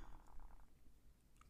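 Brief soft, low gurgling rumble from an adult's stomach settling just after eating: ordinary bowel sounds.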